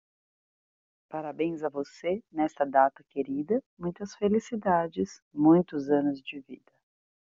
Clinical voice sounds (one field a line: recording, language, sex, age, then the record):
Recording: short text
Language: Brazilian Portuguese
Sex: female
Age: 30 to 39 years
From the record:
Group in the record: control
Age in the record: 38 years